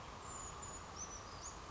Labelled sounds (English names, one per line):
Brown Creeper